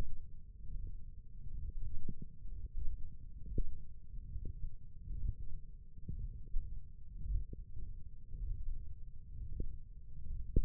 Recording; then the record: forearm muscle sounds (acoustic myography)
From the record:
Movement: ulnar deviation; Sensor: system 1, eight BSWA MPA416 microphones around the upper forearm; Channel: 1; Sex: male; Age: 21 years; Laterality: right